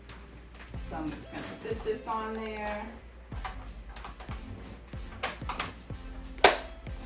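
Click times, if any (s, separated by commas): 6.4 s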